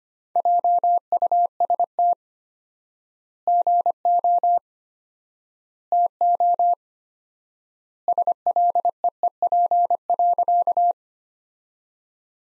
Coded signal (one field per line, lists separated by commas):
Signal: Morse code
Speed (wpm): 25 wpm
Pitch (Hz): 700 Hz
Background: none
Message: JUST GO TO SLEEP.